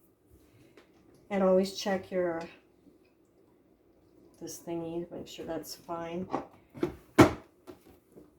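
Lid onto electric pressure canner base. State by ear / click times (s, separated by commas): not seated / none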